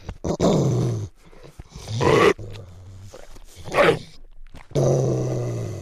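Rottweiler giving deep, rough barks and growls in irregular bursts, with low rumbling between the louder outbursts over about six seconds.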